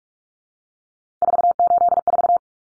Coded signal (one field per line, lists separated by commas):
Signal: Morse code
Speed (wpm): 44 wpm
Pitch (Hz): 700 Hz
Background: none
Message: 484